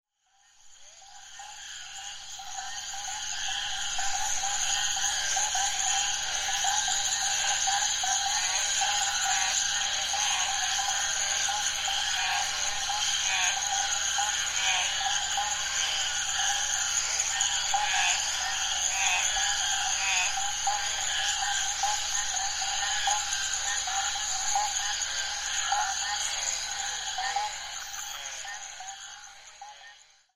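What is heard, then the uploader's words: A dense, unbroken chorus of frogs fills the night, many calls overlapping into a steady shimmering trill with bright piping tones high above and a buzzy band lower down. The level fades in over the first few seconds, holds constant, then eases out. Frogs recorded outside Puerto Maldonado, Peru.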